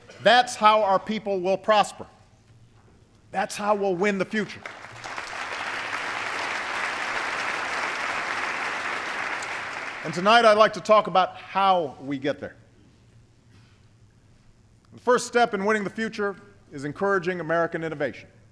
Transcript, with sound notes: That’s how our people will prosper. That’s how we’ll win the future. (Applause.) And tonight, I’d like to talk about how we get there. The first step in winning the future is encouraging American innovation.